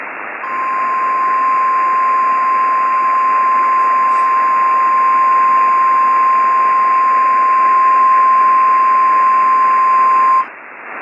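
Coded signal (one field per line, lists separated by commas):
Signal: Emergency Alert System (SAME) tones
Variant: 1050 Hz attention tone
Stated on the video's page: Fictional EAS scenario set in 2050, a weather and natural-disaster movie.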